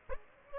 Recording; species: mosquito wingbeat signal from an infrared sensor; Aedes aegypti